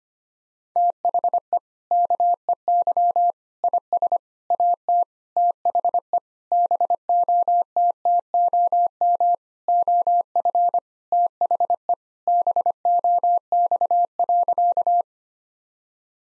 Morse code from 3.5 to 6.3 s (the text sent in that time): IS AT THE